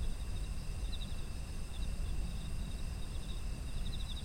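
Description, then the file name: Insects give continuous high-pitched trilling, broken by a few quick pulsed chirp runs scattered through, over a deep steady rumble. Autumn insects; environmental ambience. "秋の虫の環境音"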